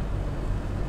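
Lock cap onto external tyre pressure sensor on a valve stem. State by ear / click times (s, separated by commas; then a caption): not seated / none. An anti-theft lock cap is being fitted over an external tyre pressure sensor that has been screwed clockwise onto a valve stem; the cap locks at the side where a notch is cut. Only a steady low rumble is heard, with no distinct click. Nothing has seated or clicked yet.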